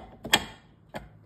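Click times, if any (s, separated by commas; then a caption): 0.2 s, 0.3 s. A plastic juicer piece is popped onto the juicer's main unit, with a softer click at 0.3 s and a sharp mechanical snap at 0.3 s as it seats. A further brief click follows near 1.0 s, and the piece is seated.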